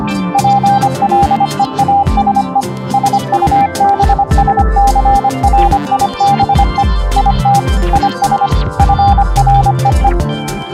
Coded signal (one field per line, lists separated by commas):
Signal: Morse code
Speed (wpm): 25 wpm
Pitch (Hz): 800 Hz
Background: music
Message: PLEASE SUBSCRIBE IT IS FREE